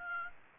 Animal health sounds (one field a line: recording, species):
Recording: mosquito wingbeat signal from an infrared sensor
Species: Aedes aegypti